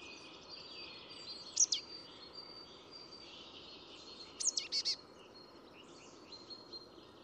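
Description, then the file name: Marsh tit giving two call phrases about three seconds apart, each a sharp high note followed by a few quick notes, over a steady hiss. "Poecile palustris"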